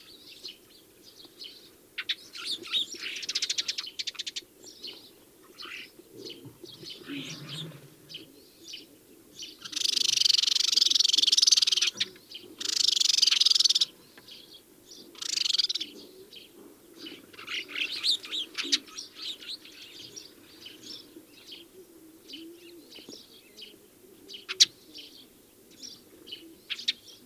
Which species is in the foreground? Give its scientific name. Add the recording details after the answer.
Passer montanus. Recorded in the wild. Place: Wüste Gobi, MN. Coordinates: 42.94, 105.082. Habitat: Desert. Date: 1979-06-02. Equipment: Nagra III BH, Sennheiser MD 21, parabola. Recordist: Schubert, Michael. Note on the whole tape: Rufe und Rufreihe Feldsperlinge